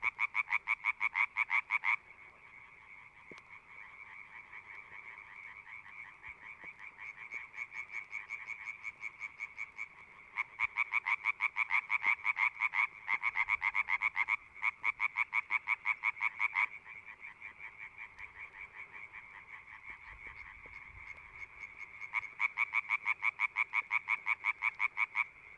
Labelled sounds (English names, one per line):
Common Tree Frog call